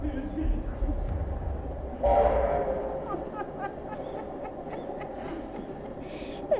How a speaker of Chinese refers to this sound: 火车，火车来了。